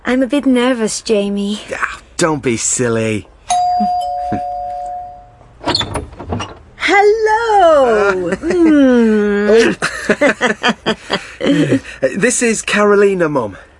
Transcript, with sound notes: I’m a bit nervous Jamie.
Don’t be silly.
{doorbell – door opens} Hellooo!
This is Carolina, mum…